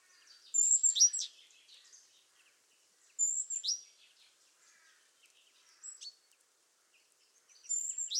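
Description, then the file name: Great tit uttering a high sharp note with a falling sweep, repeated three or four times at irregular spacing over faint background twitters. "Parus major"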